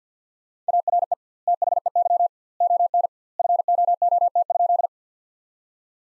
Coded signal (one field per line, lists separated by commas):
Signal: Morse code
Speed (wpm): 50 wpm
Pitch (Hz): 700 Hz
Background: none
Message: ARE THEY ON FOOT?